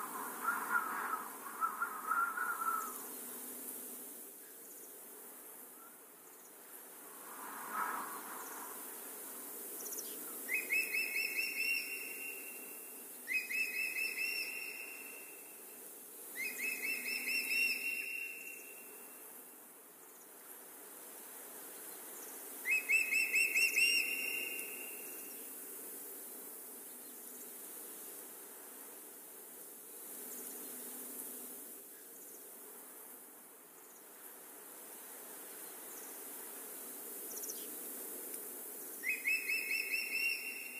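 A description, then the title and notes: Wind hisses steadily through leaves in a forest, with a low rushing underneath. A bird repeats short bright whistled phrases at intervals, clustered between about 10 and 24 seconds and again near the end. The windy forest.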